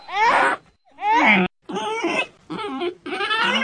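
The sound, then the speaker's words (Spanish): A voice imitates the wailing cries of the Duchess's baby in Alicia's arms, shifting into lower, snorting piglet grunts as the baby turns into a piglet, five loud bursts separated by short pauses, the first two higher and rising, the rest rougher and deeper. “Y antes de que Alicia pudiera calmar al bebé, sus berridos se fueron convirtiendo en gruñidos. Y el bebé se fue convirtiendo en un cerdito.”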